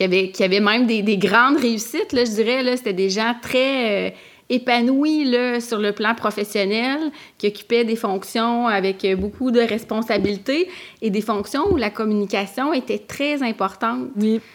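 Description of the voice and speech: A woman speaks French fluently in a small room, with steady voicing, natural pauses and a clear voice.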